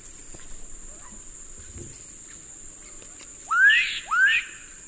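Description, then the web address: Black-capped donacobius giving two clear rising whistled notes close together near the end, after quiet background with a constant high-pitched insect hum. Eastern lowlands of South America. "Natures Songs S America Eastern Lowlands. Black-capped Donacobius"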